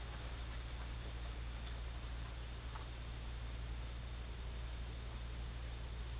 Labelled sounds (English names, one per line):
none